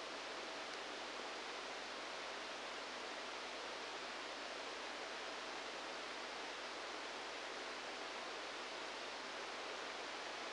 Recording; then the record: brain microelectrode recording played as sound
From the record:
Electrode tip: outside the subthalamic nucleus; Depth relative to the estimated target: -4 mm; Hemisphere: left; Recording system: NeuroSet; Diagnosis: Parkinson's disease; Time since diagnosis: 10 years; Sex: male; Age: 63 years